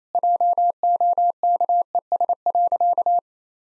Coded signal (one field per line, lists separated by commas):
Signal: Morse code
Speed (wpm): 27 wpm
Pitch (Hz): 700 Hz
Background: none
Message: JOKES.